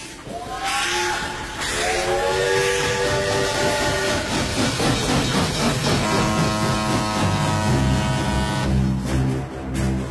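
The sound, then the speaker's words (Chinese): A steam locomotive at the China Railway Museum sounds its whistle in several long, steady tones while continuous loud hissing and mechanical rumble fill the background, with no talking. “铁道博物馆里的火车情怀，这里有第一代毛泽东号列车，它从战火纷飞的年代走来，曾经支援过解放战争，可以说是机车当中的英雄。”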